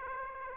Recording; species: mosquito wingbeat signal from an infrared sensor; Aedes aegypti